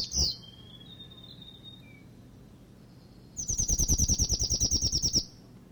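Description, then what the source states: Whitehead territorial call: a sharp note and thin whistle, then a fast, regular rattling series of high notes lasting about two seconds. Male whitehead; territorial call.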